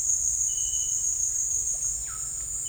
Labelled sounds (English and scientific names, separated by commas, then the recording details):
none
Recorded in secondary vegetation near Puerto Asís, Putumayo, Colombia, on 26 December 2024 at 16:30
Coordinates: 0.484, -76.319
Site GP06